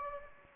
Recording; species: mosquito wingbeat signal from an infrared sensor; Anopheles gambiae